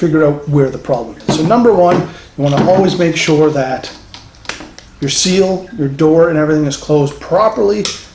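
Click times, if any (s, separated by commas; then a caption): none. Someone talks while handling the battery compartment door of a trail camera housing, bringing it toward its seal to close it. A few brief sharp taps come between about 4.1 and 4.8 s, but nothing has seated or snapped into the seal yet.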